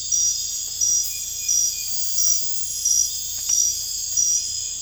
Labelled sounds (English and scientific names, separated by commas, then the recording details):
none
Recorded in dense forest near Puerto Asís, Putumayo, Colombia, on 22 December 2024 at 00:30
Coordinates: 0.484, -76.325
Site G056